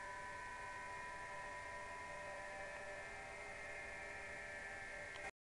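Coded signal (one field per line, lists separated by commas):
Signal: PSK31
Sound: several faint steady warbling tones at different pitches over constant radio hiss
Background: radio static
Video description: 7037 kHz 2019 Digimode PSK31 DC4OH and UA3PI.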